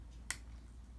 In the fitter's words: And you hear it snap.